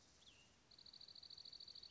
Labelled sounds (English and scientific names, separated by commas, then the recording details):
Cassin's Vireo (Vireo cassinii)
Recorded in Sonoma County, California